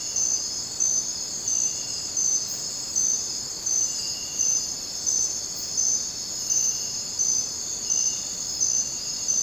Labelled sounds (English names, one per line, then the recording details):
none
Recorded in dense forest near Puerto Asís, Putumayo, Colombia, on 19 June 2025 at 02:30
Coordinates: 0.484, -76.317
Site G045